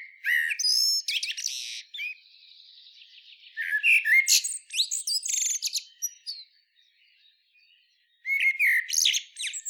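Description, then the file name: Common blackbird song: fluted warbling phrases broken by high squeaky twitters and a quiet buzzy trill, with a short silence before the last phrase. "Turdus merula"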